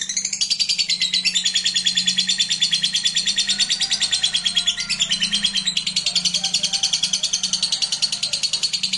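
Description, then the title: Lovebird producing a fast, continuous, high twittering chatter with rapid rhythmic notes and a faint steady low hum behind it. Used to stimulate a lazy lovebird that sings little into spontaneous, energetic singing. "LOVEBIRD Malas Bunyi JADI GREGET SPONTAN Langsung NARIK"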